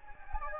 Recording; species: mosquito wingbeat signal from an infrared sensor; Anopheles gambiae